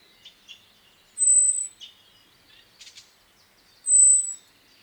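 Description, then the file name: Common blackbird uttering two long, very high, level whistles about 2.7 seconds apart, with soft scattered chirps and a brief burst of sound between them. "Turdus merula"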